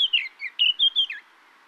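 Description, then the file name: Eurasian blackcap calls, a rapid string of about six high chirped notes, some dipping and rising, over roughly one second, then quiet. "Sylvia atricapilla"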